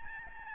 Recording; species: mosquito wingbeat signal from an infrared sensor; Aedes albopictus